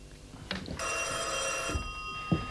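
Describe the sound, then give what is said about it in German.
A telephone rings with a bright, sustained electronic tone of stacked high pitches lasting about a second, over a low background rumble with a few soft thuds and clicks. “Gehen Sie ran!”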